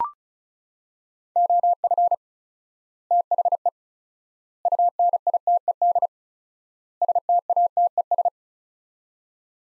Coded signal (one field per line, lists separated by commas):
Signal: Morse code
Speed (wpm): 34 wpm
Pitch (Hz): 700 Hz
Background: none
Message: OF THE UNITED STATES